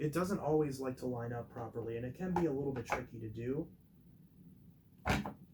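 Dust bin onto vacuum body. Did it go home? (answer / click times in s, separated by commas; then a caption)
yes / 5.3 s. Someone talks while a plastic dust bin is wiggled onto the body of an Iona Fantom Fury (S-FY74) vacuum after trouble lining it up. After a quiet stretch, a sharp snap is heard at 5.3 seconds as the bin clicks into place and is seated.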